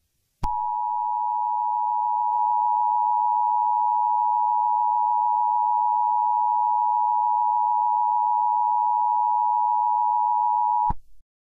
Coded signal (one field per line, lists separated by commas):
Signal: Emergency Alert System (SAME) tones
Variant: 853 and 960 Hz attention tone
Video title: EAS Scenarios #2 - 2020: Chapter Two